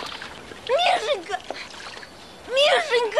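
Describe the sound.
A man's feet slosh and splash through the shallow water of a river in two loud bursts as he gets up and walks, while a voice cries out over the watery noise.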